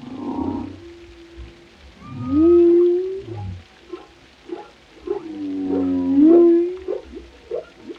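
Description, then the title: Whale vocalizations: a steady moan, a rising swoop that levels off, then scattered pulses and another long tonal moan. Compilation of varied whale vocalizations, including haunting moans and resonant calls, presented for relaxation. "Soothing Symphony of the Deep: Captivating Whale Sounds for Relaxation"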